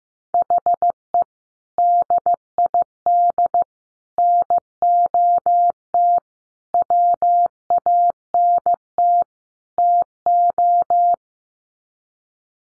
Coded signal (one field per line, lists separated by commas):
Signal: Morse code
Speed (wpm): 15 wpm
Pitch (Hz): 700 Hz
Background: none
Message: HE DID NOT WANT TO